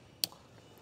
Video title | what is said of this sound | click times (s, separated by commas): மிக குறைந்த விலையில் BIKE & CAR WASHER - BIKE & CAR WASH AT HOME - portable car washer in tamil | மாதிரி HP connector போட்டு இது மாதிரி லாக் பண்றது வச்சு அழுத்துனா டக்குன்னு லாக் ஆகும் | 0.2 s